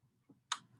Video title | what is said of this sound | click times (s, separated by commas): TA 131 Costume Technology | and you can see it's in there it made that nice click on the top | 0.5 s